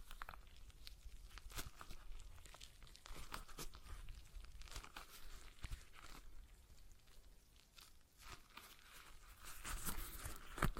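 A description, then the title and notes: A stress ball is squeezed and handled, giving a steady stream of crinkly, crumpling and rustling noise. Sharp bright crackles stand out now and then, near 1.5, 5.5 and 10.5 seconds, over a continuous soft scratchy texture with no pauses. ASMR Relaxing Stress Ball Sounds (No Talking).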